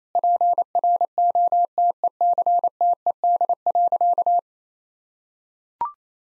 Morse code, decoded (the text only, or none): PROTECTED.